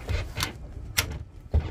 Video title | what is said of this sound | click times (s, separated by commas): The Saxdor Returns!! A Trip To The Marina!! #Saxdor #LittleHarbor #WrongPart #Episode212 | just locks into place | 1.0 s